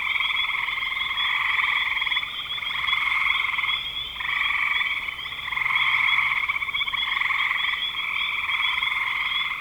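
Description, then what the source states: Frog chorus of buzzy pulsed trills, several overlapping callers, swelling in bursts separated by brief lulls. Frogs recorded in spring 2025.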